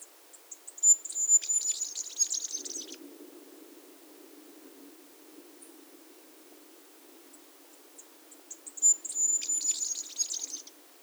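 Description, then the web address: Masked flowerpiercer song, two bursts of rapid high twittering warble about eight seconds apart, preceded by scattered thin chips, with soft low hum between. Recorded at Iguaque, Villa de Leyva, Colombia, and its surroundings. "sonidos de las aves iguaque villa de leyva y sus alrededores 35 Diglosa De Antifaz, Diglossa cyanea"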